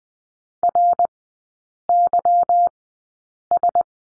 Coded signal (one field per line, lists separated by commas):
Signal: Morse code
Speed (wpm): 20 wpm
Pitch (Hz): 700 Hz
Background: none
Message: RYS